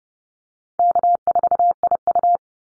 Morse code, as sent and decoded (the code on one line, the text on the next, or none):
-.- ....- .. ..-
K4IU